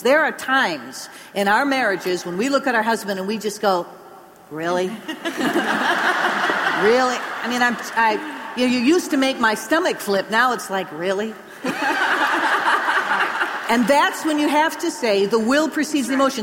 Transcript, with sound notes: There are times in our marriages when we look at our husband, and we just go, “Really? Really? You used to make my stomach flip. Now it’s like, ‘Really?’” (Laughter) That’s when you have to say, “The will precedes the emotions.”